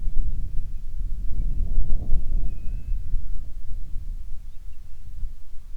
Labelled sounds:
bird
wind
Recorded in the Prudhoe Bay oil fields, Alaska, on 25 July 2019 at 02:50
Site 11

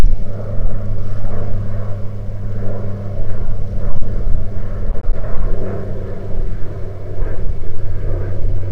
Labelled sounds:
wind
aircraft
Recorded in the Prudhoe Bay oil fields, Alaska, on 4 August 2019 at 15:01
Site 28

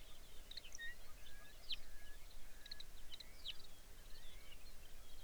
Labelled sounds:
songbird
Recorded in the Arctic National Wildlife Refuge, Alaska, on 23 May 2019 at 05:14
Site 49

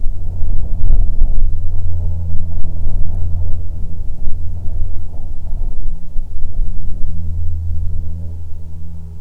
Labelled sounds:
jet
wind
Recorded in the Prudhoe Bay oil fields, Alaska, on 7 August 2019 at 14:09
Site 17

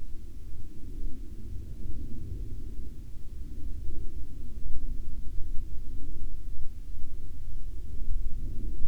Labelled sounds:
aircraft
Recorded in the Arctic National Wildlife Refuge, Alaska, on 31 July 2019 at 15:54
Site 40

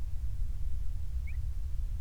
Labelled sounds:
near silence
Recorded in the Prudhoe Bay oil fields, Alaska, on 28 July 2019 at 06:23
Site 25

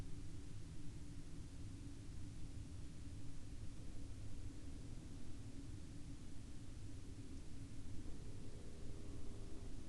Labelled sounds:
aircraft
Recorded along the Dalton Highway, Alaska, on 19 April 2019 at 10:48
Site 08

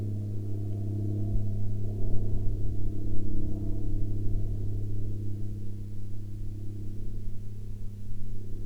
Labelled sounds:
aircraft
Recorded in the Prudhoe Bay oil fields, Alaska, on 28 July 2019 at 13:55
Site 14

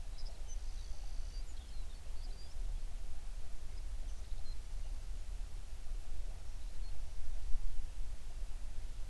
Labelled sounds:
songbird
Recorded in the Prudhoe Bay oil fields, Alaska, on 11 June 2019 at 04:32
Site 21

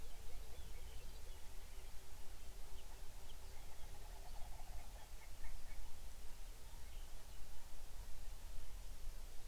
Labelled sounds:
songbird
grouse or ptarmigan
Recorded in the Arctic National Wildlife Refuge, Alaska, on 23 May 2019 at 05:16
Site 49

